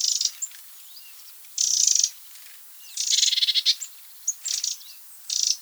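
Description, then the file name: Eurasian wren uttering rasping rattle bursts, two longer ones, one clearly pulsed, alongside shorter clipped calls and faint upslurred chirps. "Troglodytes troglodytes"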